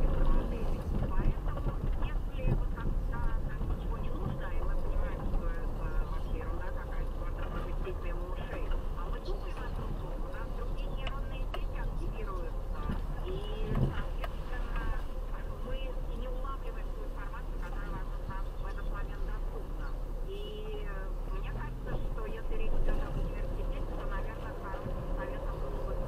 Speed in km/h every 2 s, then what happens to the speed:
10, 10, 11, 8, 7, 9, 10, 5, 5, 4, 3, 0, 5.
0-12 steady at about 10. 12-21 slows to 0. 21-23 standing.